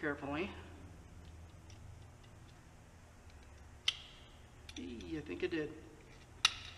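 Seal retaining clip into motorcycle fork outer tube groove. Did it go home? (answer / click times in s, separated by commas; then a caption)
yes / 6.5 s. A metal retaining clip is carefully worked into its groove in the outer tube of a Marzocchi 48 mm motorcycle fork on a GasGas EC300, just above the new seal, while someone talks. Faint clicks come first, a sharper tick sounds at 3.9 s, then a loud, sharp metallic snap at 6.5 s. The clip seats in the groove so the fork won't come apart.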